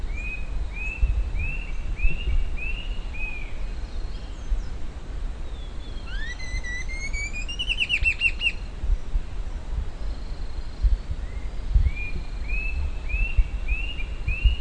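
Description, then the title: Bird song: a run of repeated arched whistled notes, then a rising buzzy trill in the middle, and more arched whistles toward the end over a low rumble. "LuckyPassaro"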